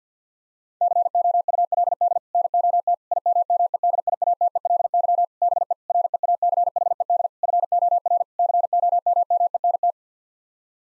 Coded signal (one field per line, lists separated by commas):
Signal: Morse code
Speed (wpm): 50 wpm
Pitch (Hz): 700 Hz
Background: none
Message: COULD NOT IMMEDIATELY BE REACHED FOR COMMENT